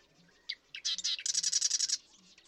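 Marsh Wren gives a few dry ticking notes, then a gurgling burst and a rapid, buzzy rattling trill.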